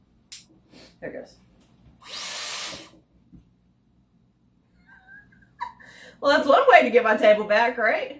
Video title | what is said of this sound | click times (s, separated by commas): Dyson Airwrap Complete Review: is it worth buying? | know nothing's broken it's just magnetic can hear it click I guess | 0.3 s